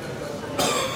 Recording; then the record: coughing mixed with background sound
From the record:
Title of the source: Mid-morning Winter Coughing Fit